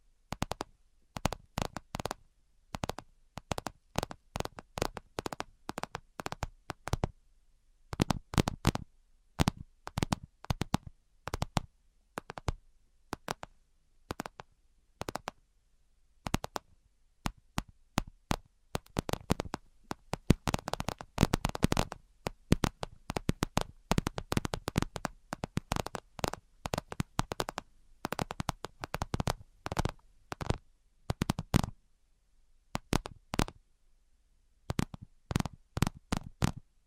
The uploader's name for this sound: Tapping Tingle Immunity Treatment (No Talking)